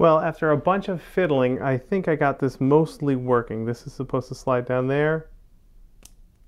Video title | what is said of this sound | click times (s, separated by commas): Fulfilling my Obsession - Starfield Rattler Prop | and snap into place so that can't come out then you press this | 6.1 s